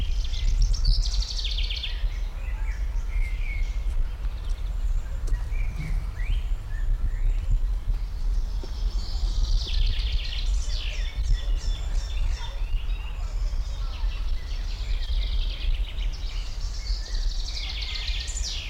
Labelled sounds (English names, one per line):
Common Chaffinch